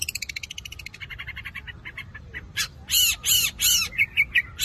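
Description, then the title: Long-tailed shrike song: a fast run of short notes falling in pitch, then a pause and loud, buzzy, scratchy bursts repeated in quick succession. Combination song. "Cendet Kombinasi"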